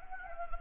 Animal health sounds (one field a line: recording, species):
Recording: mosquito wingbeat signal from an infrared sensor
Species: Anopheles gambiae